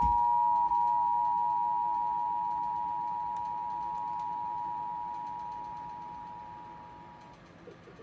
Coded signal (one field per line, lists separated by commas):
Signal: Emergency Alert System (SAME) tones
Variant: 853 and 960 Hz attention tone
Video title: New Jersey Required Monthly Test on WDPN-TV (May 16, 2023) (EAS #774)